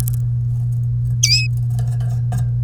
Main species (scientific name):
Serinus canaria